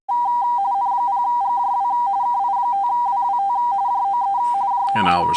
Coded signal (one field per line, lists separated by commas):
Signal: RTTY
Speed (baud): 45.45 baud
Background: speech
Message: N0GJW KI5WWT JOE JOE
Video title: Weekly RTTY Contest 4-30-2026